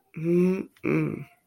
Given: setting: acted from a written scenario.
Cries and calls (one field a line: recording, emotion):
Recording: vocal sound without words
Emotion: desire